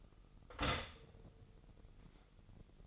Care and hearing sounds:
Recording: daily activity, microphone in the room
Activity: stop toaster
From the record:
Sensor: 4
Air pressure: 989.4 hPa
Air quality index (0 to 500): 216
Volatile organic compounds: 67 ppm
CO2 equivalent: 3494 ppm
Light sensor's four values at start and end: 25/88/32/34 and 25/87/32/34

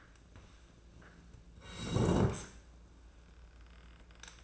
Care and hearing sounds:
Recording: daily activity, microphone in the room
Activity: sit down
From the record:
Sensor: 2

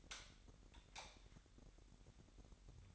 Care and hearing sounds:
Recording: daily activity, microphone in the room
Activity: light off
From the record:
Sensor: 3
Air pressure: 1011.9 hPa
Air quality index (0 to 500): 234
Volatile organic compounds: 5 ppm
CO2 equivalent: 1737 ppm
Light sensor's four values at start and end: 17/44/18/18 and 15/35/15/15

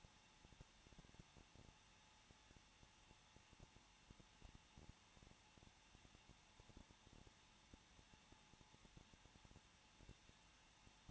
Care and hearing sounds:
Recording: daily activity, microphone in the room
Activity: no activity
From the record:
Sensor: 1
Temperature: 20.0 degrees Celsius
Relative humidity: 39.4%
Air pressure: 1006.4 hPa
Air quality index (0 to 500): 219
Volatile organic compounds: 82 ppm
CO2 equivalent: 3625 ppm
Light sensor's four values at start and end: 1/2/1/1 and 1/2/1/1

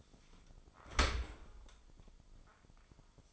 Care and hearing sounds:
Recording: daily activity, microphone in the room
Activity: open dishwasher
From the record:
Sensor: 5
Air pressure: 996.0 hPa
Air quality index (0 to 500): 102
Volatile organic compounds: 7 ppm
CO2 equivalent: 1961 ppm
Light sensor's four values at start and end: 42/99/41/44 and 41/99/41/44

